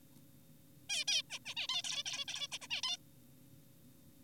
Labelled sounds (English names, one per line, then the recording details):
Zebra Finch
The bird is an adult
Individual g4p5U